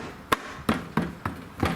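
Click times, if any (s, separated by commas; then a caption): 0.3 s, 0.7 s, 1.0 s, 1.3 s. A plastic outer cover is lined up over the LED license plate light housing in the trim of a 2006–2011 Honda Civic and pressed on by hand. Sharp plastic snaps ring out at 0.3, 0.7, 1.0 and 1.3 seconds, with a softer, broader knock near the end. The cover seats firmly back into place.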